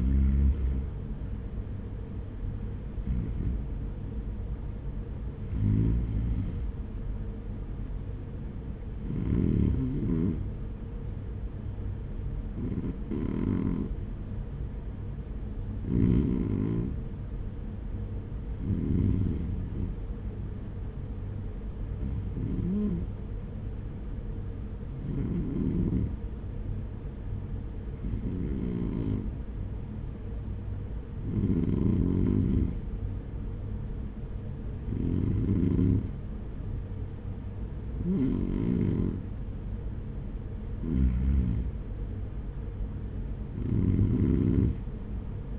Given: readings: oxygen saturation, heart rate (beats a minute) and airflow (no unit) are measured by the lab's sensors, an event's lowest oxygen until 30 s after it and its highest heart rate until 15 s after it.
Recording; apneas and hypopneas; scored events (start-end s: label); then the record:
breathing in sleep by a smartphone at the bedside; 1
12.00-40.50 s: hypopnea (REM, oxygen 97% highest, then 94% lowest, heart rate 57 at the start, 60 highest)
From the record:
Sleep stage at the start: REM sleep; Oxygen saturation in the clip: 95 to 97%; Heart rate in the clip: 55 to 63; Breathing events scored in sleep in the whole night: 210 in 6.9 hours asleep